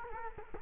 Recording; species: mosquito wingbeat signal from an infrared sensor; Culex quinquefasciatus